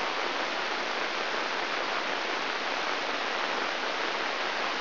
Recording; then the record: brain microelectrode recording played as sound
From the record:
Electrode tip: inside the subthalamic nucleus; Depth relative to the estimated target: -4 mm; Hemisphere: left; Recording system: AlphaMap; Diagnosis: Parkinson's disease